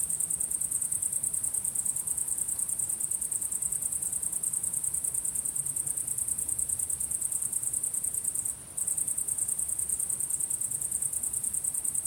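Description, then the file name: Crickets chirp shrilly and constantly in fast pulses, with a short silence near nine seconds and a faint low hum throughout. Recorded at sunset. "syrsor solnedgang"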